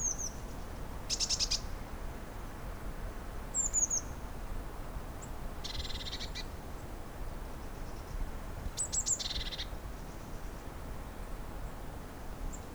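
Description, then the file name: Eurasian blue tit calling with stuttered high notes, a falling thin note and two buzzy churring scolds, low rumble underneath. "Cyanistes caeruleus"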